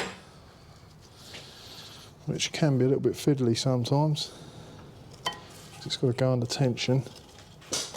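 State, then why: Not seated. A steel anti-rattle spring clip is worked under tension onto the rear brake caliper of a 2009 BMW 1 Series Coupe 2.0 Diesel while someone talks, with short sharp metallic ticks around 5.3 s and 7.7 s. The clip has not yet seated or snapped into place by the end.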